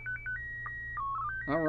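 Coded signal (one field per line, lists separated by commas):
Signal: SSTV (slow-scan television)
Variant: PD 120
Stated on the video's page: SSTV images received from the International Space Station, used as examples in a club SSTV training demonstration.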